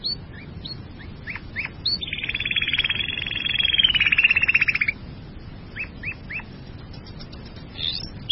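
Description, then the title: Bird song: brief short chirps, then a three-second run of fast, buzzy trilled notes that swells and stops, followed by more spaced single chirps. "burung online"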